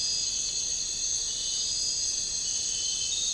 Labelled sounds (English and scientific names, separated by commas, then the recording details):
none
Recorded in dense forest near Puerto Asís, Putumayo, Colombia, on 9 March 2025 at 04:00
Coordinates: 0.467, -76.328
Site G041